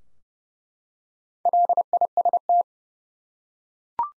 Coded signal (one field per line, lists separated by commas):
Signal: Morse code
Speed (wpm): 30 wpm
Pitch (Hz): 700 Hz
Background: none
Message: LIST